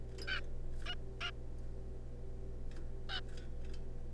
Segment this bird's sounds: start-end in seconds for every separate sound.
0.27-0.40, 0.86-0.95, 1.21-1.31, 3.09-3.20